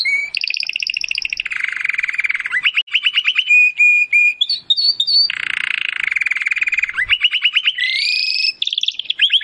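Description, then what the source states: Domestic canary song mixing rolling trills, buzzy phrases, quick upslurs and brief steady whistles. Belgian canary (Campainha), singing.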